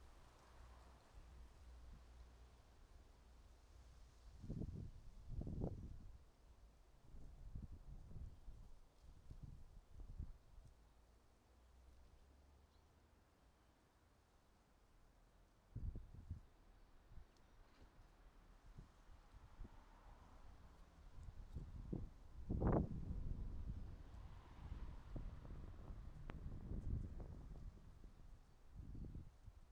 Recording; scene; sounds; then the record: everyday scene through a hearing-aid microphone; wind on the microphone; wind, traffic, birds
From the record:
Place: suburban garden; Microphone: in the ear canal, right